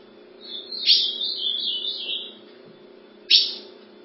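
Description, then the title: Ultramarine grosbeak singing a fluty, warbling phrase of high notes that rise and fall for under two seconds, followed by one sharp short note. "Azulao"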